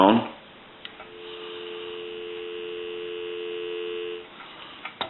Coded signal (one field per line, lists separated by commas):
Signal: telephone call progress tone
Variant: North America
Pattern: dial tone